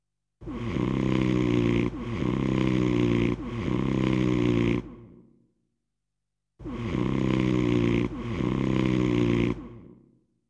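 A man snoring: five loud, low, rattling snores in two runs, three then two, with a quiet pause between.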